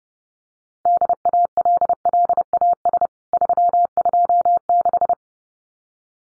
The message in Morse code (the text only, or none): DALLAS 326